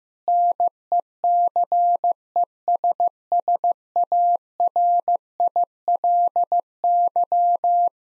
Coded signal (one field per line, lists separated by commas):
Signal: Morse code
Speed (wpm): 15 wpm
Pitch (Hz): 700 Hz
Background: none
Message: NECESSARILY